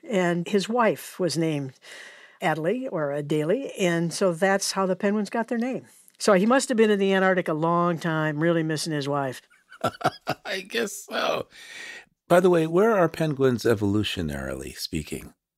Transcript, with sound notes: His wife was named Adelie or Adélie, and so that's how the penguins got their name. So, he must have been in the Antarctic a long time really missing his wife.
[LAUGHS] I guess so! By the way, where are penguins evolutionarily speaking?